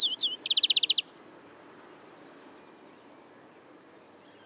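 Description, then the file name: European greenfinch song fragment: two brief slurred notes and a fast trill in the first second, then near silence with faint high notes. "Chloris chloris"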